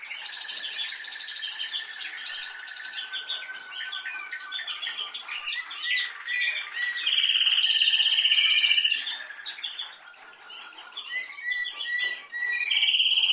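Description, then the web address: Canary song: a sequence of rolled trills, including a loud, steady high roll lasting about two seconds, broken by shorter chirps and trills. "Golchin Best Canari Seda Canari. Niyaz Music)"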